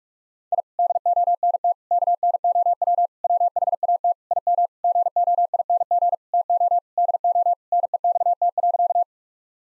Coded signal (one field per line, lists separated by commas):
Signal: Morse code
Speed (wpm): 46 wpm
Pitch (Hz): 700 Hz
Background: none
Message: I DONT KNOW WHAT IM GOING TO DO NEXT.